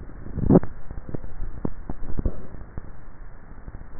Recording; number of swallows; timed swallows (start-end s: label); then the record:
swallowing sounds by neck microphone; 1
0.75-2.25 s: swallow
From the record:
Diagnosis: dysphagia